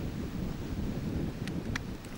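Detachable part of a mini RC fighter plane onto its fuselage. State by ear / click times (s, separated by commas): seated / 1.5 s, 1.8 s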